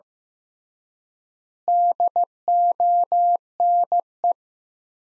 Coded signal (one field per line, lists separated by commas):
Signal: Morse code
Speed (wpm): 15 wpm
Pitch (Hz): 700 Hz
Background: none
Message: DONE